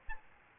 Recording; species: mosquito wingbeat signal from an infrared sensor; Aedes albopictus